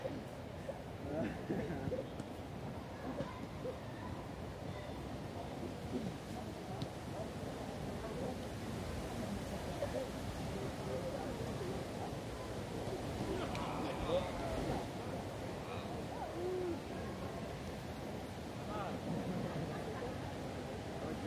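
Busy park sound in Munich's Englischer Garten: a steady, dense wash of people passing and overlapping fragments of conversation fills the whole clip. The murmur stays low and even, with occasional brief brighter calls or knocks around the middle and near the end.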